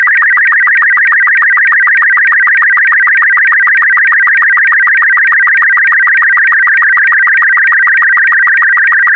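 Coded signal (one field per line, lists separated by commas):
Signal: SSTV (slow-scan television)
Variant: Robot36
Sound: steady warbling, chirping tone with rapid regular ticks, like a buzzy scanning whine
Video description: This video has been specially made to be decoded using the SSTV Robot36 format.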